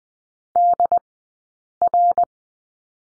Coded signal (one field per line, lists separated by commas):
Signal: Morse code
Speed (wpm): 20 wpm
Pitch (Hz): 700 Hz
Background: none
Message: DR